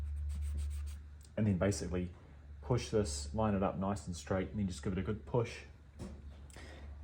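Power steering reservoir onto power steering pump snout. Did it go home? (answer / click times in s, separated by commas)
yes / 6.5 s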